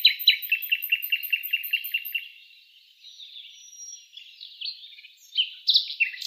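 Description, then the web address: Common nightingale song opening with a quick series of sharp, evenly spaced notes, then quieter warbling and a few loud, emphatic notes at the close. "Schulze Peter Common Nightingale song"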